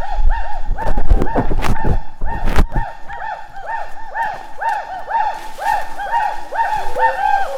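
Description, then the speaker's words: Gibbon hoots in a quick series of arched, looping notes, with sharp knocking noises early on. Wild gibbons recorded on day five of a field survey in foggy mountain forest; calls very loud at close range. "录到了长臂猿的声音，被发现了。"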